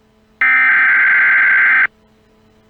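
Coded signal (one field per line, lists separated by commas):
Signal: Emergency Alert System (SAME) tones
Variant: header bursts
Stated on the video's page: Fictional, game-themed Emergency Alert System missing person alert.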